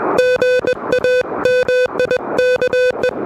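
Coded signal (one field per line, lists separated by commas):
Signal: Morse code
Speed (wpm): 22 wpm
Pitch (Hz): 500 Hz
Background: music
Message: GA MIKE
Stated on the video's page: Low-power QRP CW park activation at Parc des Moulins on an Elecraft KH1 with a homebrew end-fed random wire antenna; noisy conditions.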